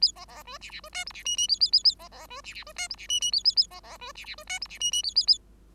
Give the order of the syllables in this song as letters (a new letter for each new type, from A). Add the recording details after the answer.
A B B C D D C E F D G G A A A A B B C D D C E F D G G A A A B B C D D C E F D G G A A A. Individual Bird5